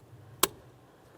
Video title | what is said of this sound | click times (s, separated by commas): How to Replace Brake Light Switch 2001-2005 Ford Explorer Sport Trac | There's a nice click. | 0.4 s